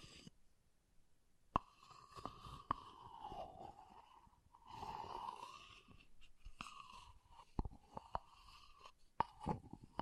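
Water beads shift and squish with soft, wet crackling that swells and fades in a few slow passes, loudest around five seconds. Sharp little clicks and pops cut through now and then, bunched near 1.5–2.5 and 6.5–9.5 seconds.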